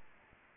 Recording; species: mosquito wingbeat signal from an infrared sensor; Anopheles arabiensis